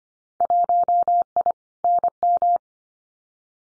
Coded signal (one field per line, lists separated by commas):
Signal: Morse code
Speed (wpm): 25 wpm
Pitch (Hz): 700 Hz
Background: none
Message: 1I NM